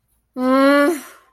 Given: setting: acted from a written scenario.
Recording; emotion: vocal sound without words; disappointment